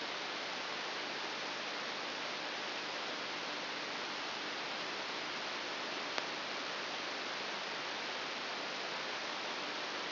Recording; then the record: brain microelectrode recording played as sound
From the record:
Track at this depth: inside the subthalamic nucleus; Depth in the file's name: 4.402 mm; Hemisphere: right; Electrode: 3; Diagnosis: Parkinson's disease